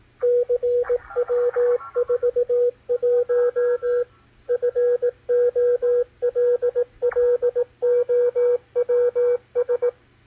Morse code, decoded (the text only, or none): CW41 FOLLOWS